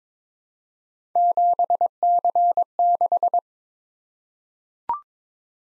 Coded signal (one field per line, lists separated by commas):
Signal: Morse code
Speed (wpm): 22 wpm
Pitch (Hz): 700 Hz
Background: none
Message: 7C6